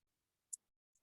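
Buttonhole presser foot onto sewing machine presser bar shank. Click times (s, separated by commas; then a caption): 0.5 s. A buttonhole presser foot, lined up under the ankle/shank bar of a sewing machine, is lowered and shifted until it snaps on with a sharp, bright click at 0.5 s, and a fainter click follows near 1.0 s. The foot is seated on the shank and clicks right into place.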